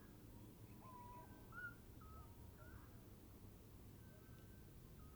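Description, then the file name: Eurasian Scops Owl hooting, a few faint whistled notes, one lower and longer, others higher and brief, against a steady low background noise. Female hoots first, then the male, followed by the female's soliciting calls. "Eurasian Scops Owl Hooting of female male then soliciting calls of female"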